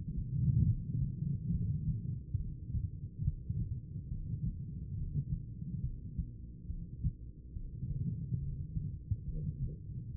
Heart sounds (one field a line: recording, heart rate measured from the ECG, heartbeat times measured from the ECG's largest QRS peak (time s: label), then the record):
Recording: heart sounds by stethoscope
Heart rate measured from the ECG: 70 bpm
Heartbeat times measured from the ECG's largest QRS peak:
0.63 s: heartbeat
1.49 s: heartbeat
2.35 s: heartbeat
3.21 s: heartbeat
4.07 s: heartbeat
4.93 s: heartbeat
5.79 s: heartbeat
6.65 s: heartbeat
7.51 s: heartbeat
8.38 s: heartbeat
9.23 s: heartbeat
10.10 s: heartbeat
From the record:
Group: heart failure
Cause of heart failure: idiopathic cardiomyopathy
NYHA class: 2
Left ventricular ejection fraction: 51%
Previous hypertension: present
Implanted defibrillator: present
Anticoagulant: apixaban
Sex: female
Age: 61 years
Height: 163 cm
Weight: 111 kg